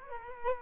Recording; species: mosquito wingbeat signal from an infrared sensor; Culex quinquefasciatus